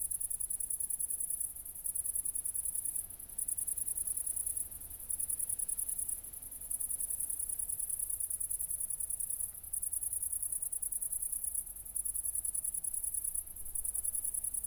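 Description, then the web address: Cricket song as high, buzzy trills broken by short gaps throughout, with faint low background noise. Recorded at night, around 00:53, on 4 August 2014 at Nordring, Kirchmöser, Brandenburg, Germany. "aporee City Country Me Brandenburg Kirchmoeser Nordring Grillen 201408040053 OLBIN"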